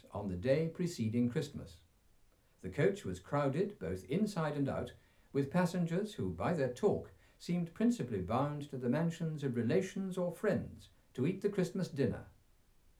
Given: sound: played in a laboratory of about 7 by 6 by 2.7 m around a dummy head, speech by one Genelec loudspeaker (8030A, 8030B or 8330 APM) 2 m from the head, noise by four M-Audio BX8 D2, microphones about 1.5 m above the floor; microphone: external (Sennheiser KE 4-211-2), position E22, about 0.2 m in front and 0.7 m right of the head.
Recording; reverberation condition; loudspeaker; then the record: male speech in English; low; 150 degrees to the right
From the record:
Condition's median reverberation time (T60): about 310 ms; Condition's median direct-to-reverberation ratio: about 3.5 dB